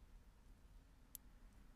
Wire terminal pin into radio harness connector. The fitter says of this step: it's locked in place